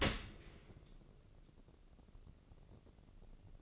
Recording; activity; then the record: daily activity, microphone in the room; open dishwasher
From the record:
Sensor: 4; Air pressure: 1013.2 hPa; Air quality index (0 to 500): 170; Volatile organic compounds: 2 ppm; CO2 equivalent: 1074 ppm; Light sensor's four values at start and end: 81/202/84/86 and 81/202/84/86